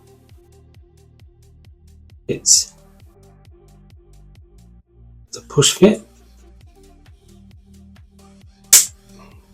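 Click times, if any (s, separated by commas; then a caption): 8.7 s. A push-fit actuator part for a die-cast Toyota Supra MK4 model car kit is pressed into its mating piece over steady background music with a regular beat. Someone talks, and the part seats with one loud, sharp click at 8.7 s.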